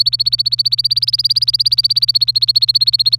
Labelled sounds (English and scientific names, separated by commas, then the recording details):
Domestic Canary (Serinus canaria) song
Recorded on 27 April 2018 at 13:28
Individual llb3